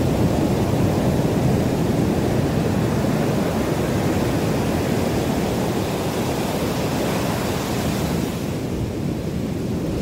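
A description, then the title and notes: Ocean sound as a dense, steady roar, heavy in the low end with a constant churning rumble and a softer hiss above. The level holds nearly even for the whole stretch, dipping slightly near the end as the upper hiss thins out. Ocean sounds.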